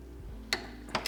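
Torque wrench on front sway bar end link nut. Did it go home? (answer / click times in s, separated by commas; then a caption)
yes / 0.5 s. A click-type torque wrench set to 35 ft-lb tightens the 10 mm nut on a Kartboy front sway bar end link (steel hardware) on a GD STI. A sharp, bright click at 0.5 s confirms the wrench has reached its setting, followed by two quieter ticks at about 1.0 s and 1.1 s over a low steady background hum.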